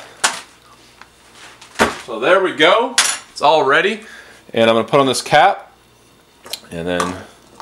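Someone talks while fitting a plastic cap onto an ice cream maker cup, with short sharp plastic taps and clinks between the words. The cap is being handled and turned to lock, but nothing has seated or clicked yet.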